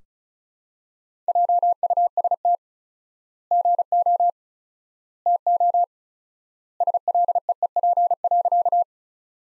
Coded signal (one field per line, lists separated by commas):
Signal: Morse code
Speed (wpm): 35 wpm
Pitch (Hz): 700 Hz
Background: none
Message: JUST GO TO SLEEP.